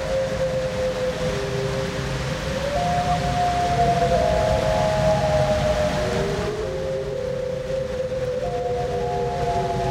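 Loon wails: several drawn-out tones at different pitches overlap and shift in steps, rising and falling slowly over a rumbling, hissy background.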